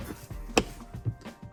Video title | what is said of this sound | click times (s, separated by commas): Subaru Outback CUSTOM Interior! Pt: 1 | You're gonna feel it click, | 0.6 s